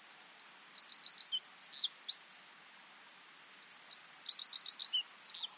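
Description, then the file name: Eurasian wren song: two bursts of fast, high, clipped notes and short trills separated by a second's pause, over a steady background hiss. "Troglodytes troglodytes"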